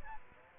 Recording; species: mosquito wingbeat signal from an infrared sensor; Aedes albopictus